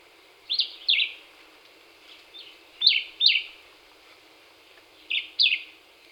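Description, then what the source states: Black-whiskered vireo song of paired, downslurred chirps given three times, separated by pauses of about two seconds, with a soft extra note between. Recorded 26 April 2019.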